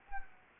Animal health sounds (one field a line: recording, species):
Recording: mosquito wingbeat signal from an infrared sensor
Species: Anopheles gambiae